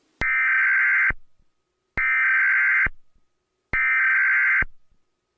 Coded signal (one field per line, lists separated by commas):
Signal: Emergency Alert System (SAME) tones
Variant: header bursts